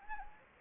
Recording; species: mosquito wingbeat signal from an infrared sensor; Anopheles gambiae